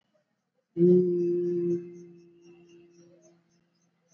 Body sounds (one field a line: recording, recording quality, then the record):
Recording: sustained vowel as in beet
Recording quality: excellent, no background noise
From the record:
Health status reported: exposed to COVID-19, no respiratory illness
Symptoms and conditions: cough, cold, fever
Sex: male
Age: 44 years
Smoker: no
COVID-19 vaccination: both doses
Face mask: worn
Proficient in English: yes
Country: India